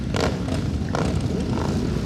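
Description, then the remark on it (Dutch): A steady, loud rumble of many motorcycle engines idling and revving together in a funeral procession ending at Zorgvliet cemetery, with a few short bursts of throttle rising over the deep, continuous growl. “Ja, zo klinkt dat dan, die motoren.”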